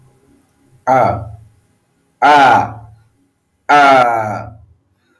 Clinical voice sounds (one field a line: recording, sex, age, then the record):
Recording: vowel held as long as possible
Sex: male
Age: 30 to 39 years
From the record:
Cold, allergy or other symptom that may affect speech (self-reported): no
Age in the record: 30 years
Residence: United States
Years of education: 16